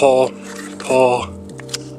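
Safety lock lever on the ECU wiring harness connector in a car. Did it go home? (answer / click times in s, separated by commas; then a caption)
released / 1.8 s. Someone talks while pinching and pulling the plastic safety lock on the ECU wiring harness connector of an Audi S4, as part of removing a Viper alarm system. A sharp click at 1.8 s marks the lock snapping open, releasing the clip fully so the connector can swing aside and expose the ECU pins.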